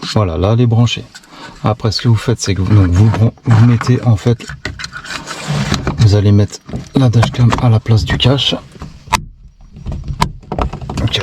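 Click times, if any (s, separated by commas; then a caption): 10.2 s. A MANGOAL front-and-rear dashcam body is pressed into the opening under the rear-view mirror of an Audi A1 8X, in the place of the removed plastic cover, while someone talks. A sharp click at 10.2 s marks the dashcam snapping into the mirror cover slot, followed by a few lighter handling taps as it sits seated.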